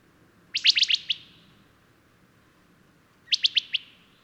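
Bird song: two quick bursts of four or five sharp notes a few seconds apart, against near silence.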